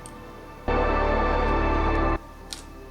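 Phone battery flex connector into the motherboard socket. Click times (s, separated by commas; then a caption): 2.5 s. A new battery's flex connector is pressed onto its motherboard socket during a Samsung S7 phone battery replacement. A steady burst of music fills the middle of the clip from about 0.7 to 2.2 s, with a faint tick near 0.1 s. A short, sharp click at 2.5 s marks the connector seating.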